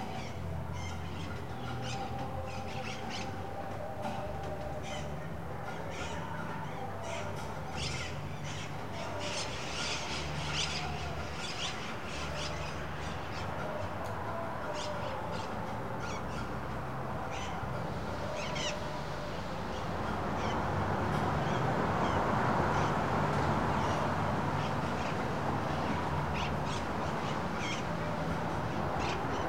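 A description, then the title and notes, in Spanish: Recorded outside a hotel entrance, where a steady outdoor hum of low rumble and murmur fills the scene. Sharp bird calls, crow-like caws and squawks, ring out repeatedly throughout, while past the twentieth second a louder, rushing wash of sound swells and stays. Registro en la puerta del Gran Hotel Pucón Chile by Alejandro Cornejo Montibeller.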